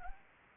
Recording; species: mosquito wingbeat signal from an infrared sensor; Anopheles arabiensis